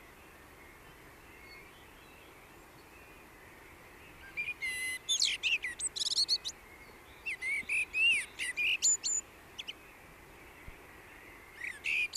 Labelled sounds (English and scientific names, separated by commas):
Common Blackbird (Turdus merula) song